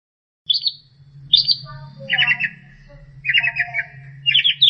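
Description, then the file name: Long-tailed shrike song of a few short buzzy trilled phrases, first high then lower-pitched, over a steady low hum. Master song for training songbirds. "cendet master"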